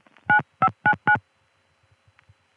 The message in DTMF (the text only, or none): 9599